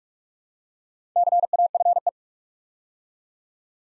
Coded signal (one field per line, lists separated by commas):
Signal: Morse code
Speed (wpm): 44 wpm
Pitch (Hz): 700 Hz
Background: none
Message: CAFE